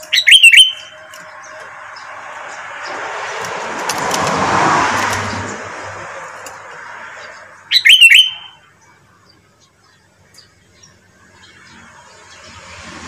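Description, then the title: Sooty-headed bulbul giving two brief bursts of bright, slurred whistled notes several seconds apart, with a vehicle rumbling past in between. "Kutilang"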